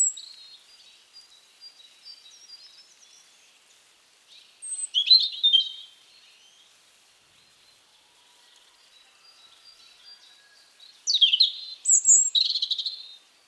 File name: Erithacus rubecula